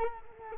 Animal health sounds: mosquito wingbeat signal from an infrared sensor; Culex quinquefasciatus

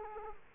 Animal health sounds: mosquito wingbeat signal from an infrared sensor; Culex quinquefasciatus

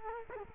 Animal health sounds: mosquito wingbeat signal from an infrared sensor; Culex quinquefasciatus

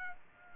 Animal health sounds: mosquito wingbeat signal from an infrared sensor; Culex pipiens

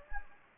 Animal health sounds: mosquito wingbeat signal from an infrared sensor; Anopheles gambiae

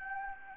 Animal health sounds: mosquito wingbeat signal from an infrared sensor; Anopheles gambiae

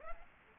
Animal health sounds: mosquito wingbeat signal from an infrared sensor; Aedes aegypti

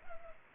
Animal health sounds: mosquito wingbeat signal from an infrared sensor; Culex pipiens

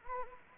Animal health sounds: mosquito wingbeat signal from an infrared sensor; Anopheles gambiae

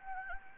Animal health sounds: mosquito wingbeat signal from an infrared sensor; Anopheles gambiae

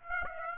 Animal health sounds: mosquito wingbeat signal from an infrared sensor; Aedes aegypti

